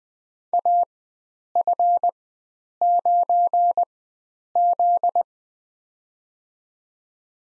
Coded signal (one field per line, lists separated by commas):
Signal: Morse code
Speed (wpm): 20 wpm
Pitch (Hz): 700 Hz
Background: none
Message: AF9Z